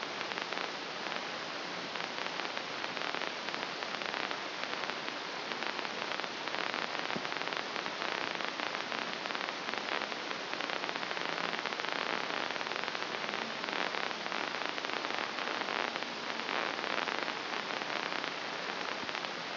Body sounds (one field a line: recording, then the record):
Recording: brain microelectrode recording played as sound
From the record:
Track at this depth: inside the subthalamic nucleus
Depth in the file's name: 1.937 mm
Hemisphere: left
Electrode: 2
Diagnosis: Parkinson's disease